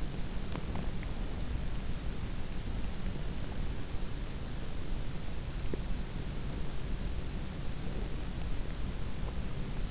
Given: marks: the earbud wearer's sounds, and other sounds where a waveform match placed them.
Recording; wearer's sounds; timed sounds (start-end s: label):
sounds in sleep by an in-ear microphone; teeth grinding
0.00-1.29 s: teeth grinding
5.40-6.02 s: sound from someone else or the room